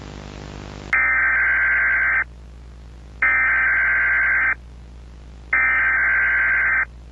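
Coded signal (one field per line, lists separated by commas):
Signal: Emergency Alert System (SAME) tones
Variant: header bursts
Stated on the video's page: VHS-style remake of the Emergency Alert System alert from the game Poppy Playtime Chapter 3.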